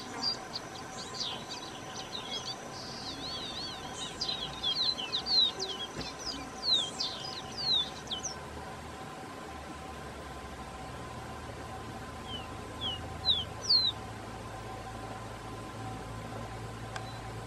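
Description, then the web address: Copper seedeater calls: a burst of high, sharp descending whistles and warbled notes in the first eight seconds, then a few thin downslurred notes later, over steady low hum. "Copper seedeater. صدای-پرنده-دانه-خوار-مسی"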